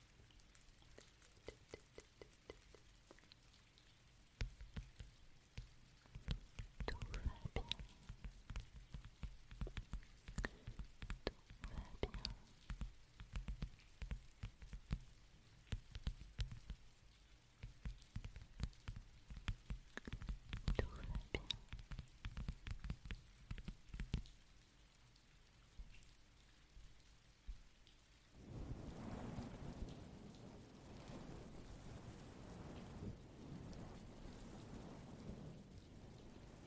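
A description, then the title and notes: Rain falls in dense, irregular pattering, with sharp drops and splashes crowding together, heaviest from about 5 to 25 seconds. Near 28 seconds the sound shifts to a steadier, smoother rush of rain with a low rumble underneath that holds to the end. ASMR Energy rain (+ pluie).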